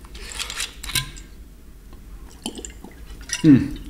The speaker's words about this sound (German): Boah, jetzt muss ich mal einen Schluck Wasser trinken, ist schon wieder heiß.